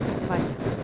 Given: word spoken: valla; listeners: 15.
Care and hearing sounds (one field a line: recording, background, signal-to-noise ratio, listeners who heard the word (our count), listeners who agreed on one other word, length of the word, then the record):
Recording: one Spanish word in noise, from a listening test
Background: noise modulated by three-talker babble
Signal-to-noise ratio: -4.3 dB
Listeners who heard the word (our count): 0 of 15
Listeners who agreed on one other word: 6 of 15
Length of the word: 0.44 s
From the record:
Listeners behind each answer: 6, 2, 2, 1, 1, 1, 1, 1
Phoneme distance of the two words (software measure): 10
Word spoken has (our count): 2 syllables, 4 phonemes, stress on syllable 1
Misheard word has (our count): 2 syllables, 4 phonemes, stress on syllable 1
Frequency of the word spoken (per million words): 4.54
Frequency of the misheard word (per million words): 17.18